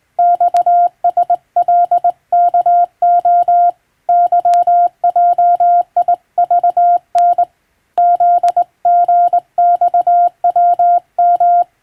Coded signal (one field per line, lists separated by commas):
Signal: Morse code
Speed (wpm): 20 wpm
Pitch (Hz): 700 Hz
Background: none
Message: XSLKO YJIVN ZGXWM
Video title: 電鍵を駆使してモールス符号を打つ無線通信士という仕事が昭和にはありました。国家試験でモールスを打つ実技試験もありましたよ。懐かしいモールス信号を聴いてみませんか？morse code practice